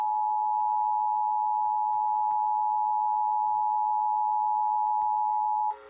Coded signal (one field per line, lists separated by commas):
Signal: Emergency Alert System (SAME) tones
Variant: 853 and 960 Hz attention tone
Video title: INDEPENDENCE DAY STORMINESS🇺🇲🇺🇲... EAS Alerts from 7/4/22 (EAS 1,202 - 1,222)